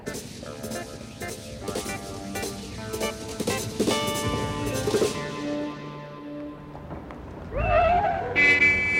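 A loud, blaring car horn honks in harsh, tonal bursts near the end as a car drives straight at a person on the street, following a busy stretch of mixed, cluttered sound.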